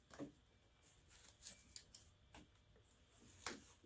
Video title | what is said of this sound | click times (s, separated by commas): infinity oil galley gasket fix Part3 | hear a little click. There you go. | 3.5 s